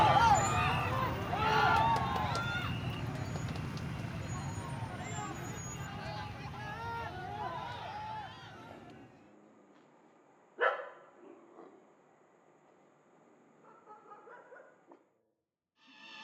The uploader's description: recorded in and around Phnom Penh (Cambodia) during the "presidential" election period; Day & night.